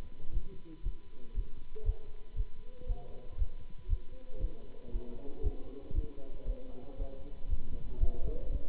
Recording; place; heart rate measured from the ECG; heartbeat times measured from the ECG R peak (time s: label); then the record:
heart sounds by stethoscope; between the tricuspid and mitral areas; 117 bpm
0.31 s: heartbeat
0.82 s: heartbeat
1.33 s: heartbeat
1.83 s: heartbeat
2.34 s: heartbeat
2.85 s: heartbeat
3.36 s: heartbeat
3.87 s: heartbeat
4.38 s: heartbeat
4.90 s: heartbeat
5.41 s: heartbeat
5.92 s: heartbeat
6.44 s: heartbeat
6.95 s: heartbeat
7.47 s: heartbeat
7.98 s: heartbeat
8.50 s: heartbeat
From the record:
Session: Bruce protocol treadmill stress test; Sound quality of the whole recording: good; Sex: male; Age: 26 years